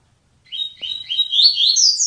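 Double-collared seedeater delivering a rapid chain of clear slurred whistles that grows louder and higher.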